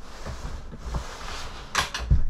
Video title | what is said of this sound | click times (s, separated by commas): The Best Deal on a 2019 Prevost Marathon Coach right now!!! Tour of Coach #1285 | and one click and then it easily turns into sleeping there | 1.9 s